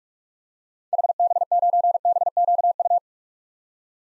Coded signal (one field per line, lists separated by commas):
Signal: Morse code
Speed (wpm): 47 wpm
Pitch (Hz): 700 Hz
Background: none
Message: HB9BQU